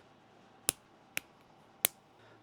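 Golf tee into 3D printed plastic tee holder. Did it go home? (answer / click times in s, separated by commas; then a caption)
yes / 0.7 s, 1.2 s, 1.9 s. A golf tee is pushed into a 3D printed plastic tee holder with guides, giving three sharp, short snaps at 0.7, 1.2 and 1.9 seconds, possibly from one or more insertions. The tee clicks into place and sits firmly seated in the holder.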